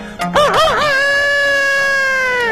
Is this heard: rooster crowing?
yes